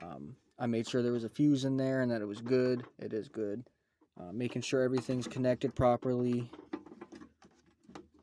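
Someone talks while handling a plastic wire harness connector at its mating connector on a Chinese diesel heater during a wiring check. Several small, sharp ticks follow near 6.7, 7.0, 7.4 and 8.0 seconds. The connector has not yet been pushed home, so nothing has seated or clicked.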